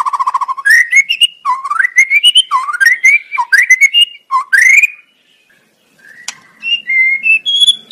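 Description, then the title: White-rumped shama song of clear whistled phrases that climb and fall in pitch, a brief pause, then a few higher whistled notes. Training recording used to teach caged birds; song style named Labaik. "MASTERAN MURAI BATU LABAIK"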